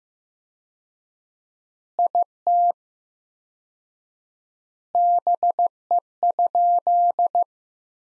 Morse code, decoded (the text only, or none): IT BE?